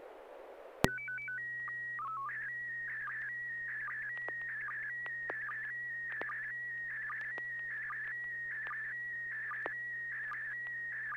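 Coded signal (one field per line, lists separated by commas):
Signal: SSTV (slow-scan television)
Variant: PD 160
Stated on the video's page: SSTV net on a 441.300 MHz FM repeater, sent with MMSSTV software.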